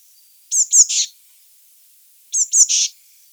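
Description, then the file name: Eurasian blue tit call: two sharp high notes and a short buzzy churr, given twice about two seconds apart. "Cyanistes caeruleus"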